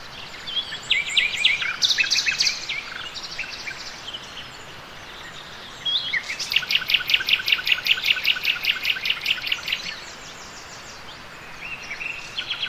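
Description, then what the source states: Nightingale song: varied high whistled and chirping phrases, then a long burst of rapid, evenly repeated sharp notes, pausing before a further phrase near the end. More than one nightingale singing.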